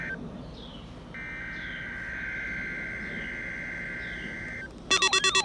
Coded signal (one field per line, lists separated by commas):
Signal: Emergency Alert System (SAME) tones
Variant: header bursts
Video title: EAS Alerts from 6/3/21 - 6/23/21 EAS#500-520